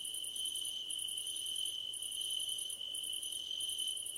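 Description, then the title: Crickets trilling steadily at a high pitch while another cricket adds bursts of fast, very high pulsing chirps with brief pauses between. Crickets at night under a starlit sky; nighttime ambience. "Nighttime Ambience with Crickets"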